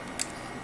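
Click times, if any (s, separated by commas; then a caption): 0.2 s. A small memory card is pressed into the slot of an Orange Pi 5 single board computer to release it, against a steady background hiss. A short, sharp bright click at 0.2 seconds marks the card popping out of the slot, released.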